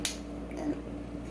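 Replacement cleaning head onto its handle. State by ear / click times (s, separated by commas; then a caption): seated / 0.0 s. A replacement head is pushed back onto a cleaning tool handle and hit until it clicks in. One sharp click is heard at 0.1 s, followed by a low steady hum, and the head is seated on the handle.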